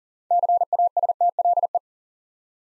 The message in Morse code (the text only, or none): CASTLE